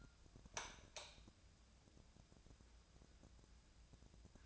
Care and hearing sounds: daily activity, microphone in the room; light on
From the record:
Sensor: 2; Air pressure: 999.9 hPa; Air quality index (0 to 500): 119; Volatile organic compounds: 2 ppm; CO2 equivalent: 1025 ppm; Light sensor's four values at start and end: 26/65/28/31 and 30/77/32/35

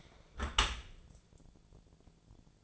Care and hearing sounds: daily activity, microphone in the room; close dishwasher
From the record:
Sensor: 5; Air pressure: 1000.6 hPa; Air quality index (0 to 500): 150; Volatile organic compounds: 2 ppm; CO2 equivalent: 1154 ppm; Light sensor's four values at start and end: 40/92/39/42 and 40/92/39/43

